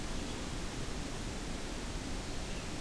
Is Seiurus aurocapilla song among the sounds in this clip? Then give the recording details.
no. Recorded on 25 June 2016 at 08:12. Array SBT-6-76